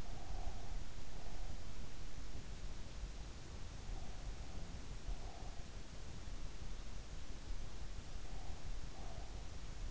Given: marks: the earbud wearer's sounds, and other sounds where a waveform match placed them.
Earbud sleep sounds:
sounds in sleep by an in-ear microphone; breath
0.00-1.71 s: breath
3.68-5.79 s: breath
7.97-9.47 s: breath

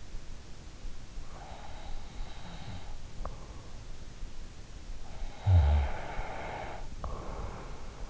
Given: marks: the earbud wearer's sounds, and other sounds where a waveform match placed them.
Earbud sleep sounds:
sounds in sleep by an in-ear microphone; breath, snoring breath
1.27-3.79 s: breath
5.02-8.10 s: snoring breath

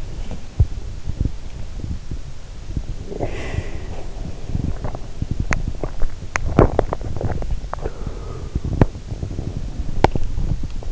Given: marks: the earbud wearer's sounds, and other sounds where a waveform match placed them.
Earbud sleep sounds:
sounds in sleep by an in-ear microphone; teeth grinding
0.00-10.92 s: teeth grinding

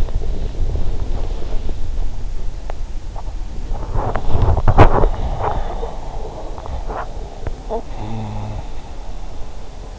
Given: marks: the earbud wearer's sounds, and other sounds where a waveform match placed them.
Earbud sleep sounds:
sounds in sleep by an in-ear microphone; body movement, talking in sleep
0.00-9.98 s: body movement
7.66-8.61 s: talking in sleep

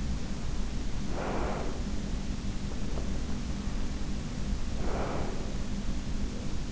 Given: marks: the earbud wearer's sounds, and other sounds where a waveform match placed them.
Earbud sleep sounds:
sounds in sleep by an in-ear microphone; breath
0.16-2.75 s: breath
3.38-6.13 s: breath

